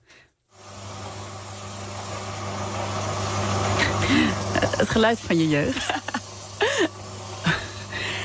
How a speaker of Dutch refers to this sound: Dit is een slijpmachine. Ja. Want waarom heb je dit veel in je jeugd gehoord dan?